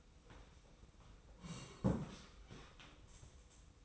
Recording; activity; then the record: daily activity, microphone in the room; sit down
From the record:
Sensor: 1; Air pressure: 990.5 hPa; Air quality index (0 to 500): 152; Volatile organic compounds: 1000 ppm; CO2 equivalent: 5490 ppm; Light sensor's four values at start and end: 32/75/32/35 and 32/75/32/35